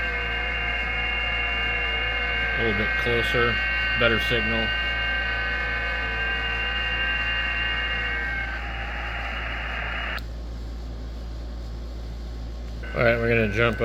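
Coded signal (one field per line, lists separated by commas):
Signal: FT8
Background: speech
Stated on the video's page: FT8 sent at QRP power from a home station.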